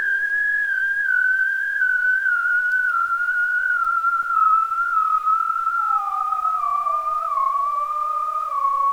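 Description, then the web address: Bearded seal call, a long, steady, whistled tone that slowly glides downward over nine seconds, joined later by a second lower tone that also descends. "Biodiversity of Marine Sound Bearded seal"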